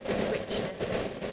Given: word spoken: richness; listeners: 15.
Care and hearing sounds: one English word in noise, from a listening test; noise modulated by three-talker babble; -7.9 dB; 2 of 15; 6 of 15; 0.92 s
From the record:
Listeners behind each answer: 6, 2, 2, 2, 1, 1, 1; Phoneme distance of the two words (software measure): 27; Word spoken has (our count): 2 syllables, 6 phonemes, stress on syllable 1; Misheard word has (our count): 2 syllables, 5 phonemes, stress on syllable 1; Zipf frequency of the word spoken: 3.46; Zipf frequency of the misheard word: 3.55

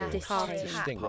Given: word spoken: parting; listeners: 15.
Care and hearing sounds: one English word in noise, from a listening test; four-talker babble; -0.5 dB; 0 of 15; 6 of 15; 0.69 s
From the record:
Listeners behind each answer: 6, 2, 2, 1, 1, 1, 1, 1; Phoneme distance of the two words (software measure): 54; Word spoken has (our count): 2 syllables, 5 phonemes, stress on syllable 1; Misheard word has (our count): 2 syllables, 7 phonemes, stress on syllable 2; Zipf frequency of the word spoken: 3.46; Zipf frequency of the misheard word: 2.30

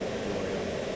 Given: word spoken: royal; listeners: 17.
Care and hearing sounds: one English word in noise, from a listening test; speech-shaped noise; -5.1 dB; 1 of 17; 7 of 17; 0.56 s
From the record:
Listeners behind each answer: 7, 2, 1, 1, 1, 1, 1, 1, 1, 1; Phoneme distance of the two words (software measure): 41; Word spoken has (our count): 2 syllables, 4 phonemes, stress on syllable 1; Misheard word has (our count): 2 syllables, 5 phonemes, stress on syllable 1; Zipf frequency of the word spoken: 5.09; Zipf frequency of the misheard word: 4.44

